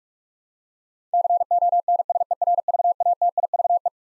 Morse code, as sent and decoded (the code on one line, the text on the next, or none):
-.-. --- -. ... . .-. ...- .- - .. ...- .
CONSERVATIVE